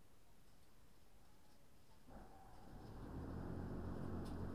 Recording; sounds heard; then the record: poultry house recording; no chicken sound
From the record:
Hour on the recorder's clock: 20